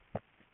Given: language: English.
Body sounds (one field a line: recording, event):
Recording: throat vibration sensor signal played as sound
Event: swallow